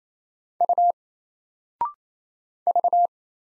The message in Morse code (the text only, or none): U V